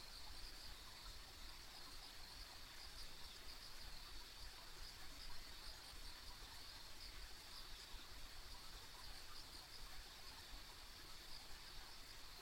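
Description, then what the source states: A steady high insect chorus runs evenly through, a uniform ringing band over quiet low-frequency noise. Ambient insect sounds on a country road.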